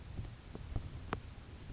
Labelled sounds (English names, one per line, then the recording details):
Grasshopper Sparrow
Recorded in Sonoma County, California